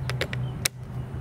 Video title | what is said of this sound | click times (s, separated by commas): Ham radio activation of K-3495 | When I want to put it back, it snaps into place. | 0.7 s